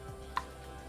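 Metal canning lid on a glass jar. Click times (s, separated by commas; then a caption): 0.4 s. A metal canning lid on a glass jar of candied jalapeños cools after water-bath canning, and its centre pops down with a single sharp, ringing click at 0.4 s as the vacuum seal forms. Aside from that pop, only a low steady hum is heard. The jar is sealed and good.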